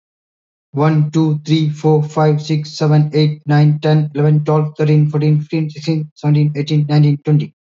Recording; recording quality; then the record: counting at a fast pace; excellent, no background noise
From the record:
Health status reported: healthy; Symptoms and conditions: none ticked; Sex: male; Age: 36 years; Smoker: not ticked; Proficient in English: yes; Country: India